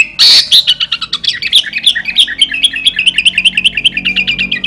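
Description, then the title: Sooty-headed bulbul song opening with a harsh burst, followed by rapid, rhythmic bubbly notes repeated steadily for several seconds. "Kutilang"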